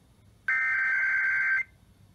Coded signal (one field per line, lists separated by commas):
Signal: Emergency Alert System (SAME) tones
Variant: header bursts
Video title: KWIZ 96.7 Required Weekly Test (EAS #3006) 12/7/20